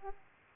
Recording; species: mosquito wingbeat signal from an infrared sensor; Aedes aegypti